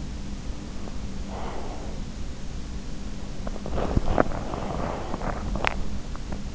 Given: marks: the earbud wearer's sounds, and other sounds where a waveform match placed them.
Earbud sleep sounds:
sounds in sleep by an in-ear microphone; breath, body movement
0.00-2.21 s: breath
3.30-5.97 s: body movement

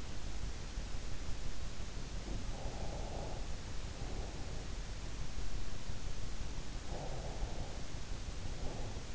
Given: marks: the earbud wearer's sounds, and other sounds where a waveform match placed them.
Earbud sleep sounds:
sounds in sleep by an in-ear microphone; breath
2.21-4.87 s: breath
6.88-9.15 s: breath

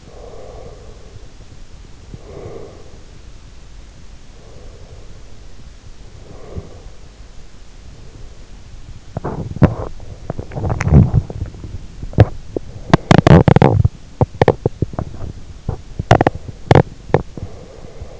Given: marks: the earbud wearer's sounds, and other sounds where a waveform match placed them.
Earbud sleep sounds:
sounds in sleep by an in-ear microphone; breath, body movement, teeth grinding
0.00-3.18 s: breath
4.22-7.01 s: breath
8.90-18.19 s: body movement
12.78-17.28 s: teeth grinding

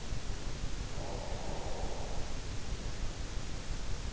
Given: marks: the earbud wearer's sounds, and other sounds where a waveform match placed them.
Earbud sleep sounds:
sounds in sleep by an in-ear microphone; breath
0.90-3.10 s: breath

